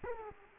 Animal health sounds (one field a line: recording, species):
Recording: mosquito wingbeat signal from an infrared sensor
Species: Culex quinquefasciatus